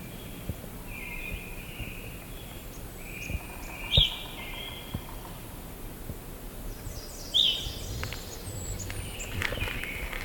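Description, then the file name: Evening grosbeak calling with two brief, ringing notes a few seconds apart amid quieter chirps, scattered clicks and low background noise. "Hesperiphona vespertina - Evening Grosbeak"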